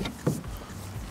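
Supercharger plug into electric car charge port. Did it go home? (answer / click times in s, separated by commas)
yes / 0.1 s, 0.3 s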